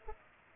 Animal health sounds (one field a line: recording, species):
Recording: mosquito wingbeat signal from an infrared sensor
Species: Culex pipiens